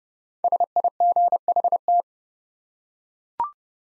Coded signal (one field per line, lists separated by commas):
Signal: Morse code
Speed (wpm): 29 wpm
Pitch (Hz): 700 Hz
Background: none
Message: SIGHT